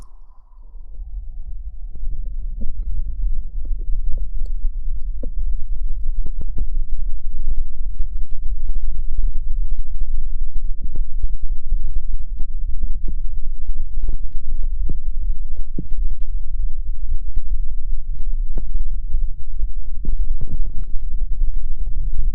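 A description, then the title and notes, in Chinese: Muffled underwater sound with the ears covered: a heavy, steady low rumble and throb fills the whole recording. Faint pops and ticks scatter densely throughout. It starts quieter, with a thin tone that fades within the first second before the rumble swells up. 潜水捂耳朵。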